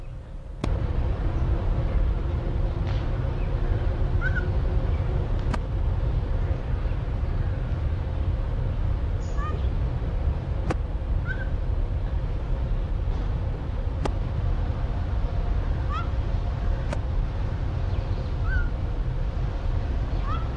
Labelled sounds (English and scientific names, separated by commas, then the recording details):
Ring-tailed Lemur (Lemur catta)
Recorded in captivity
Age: adult
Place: Zoo Berlin, Berlin, DE
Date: 1994-08-27 10:52
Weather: heiter, 16-22°C
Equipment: Marantz CP 430, Sennheiser ME 80, Kopie Uher Variocord 263
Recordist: Tembrock, Günter